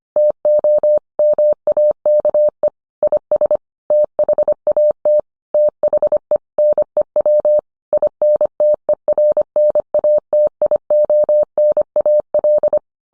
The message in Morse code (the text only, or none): TO MAKE IS THAT THE NEW INTERNATIONAL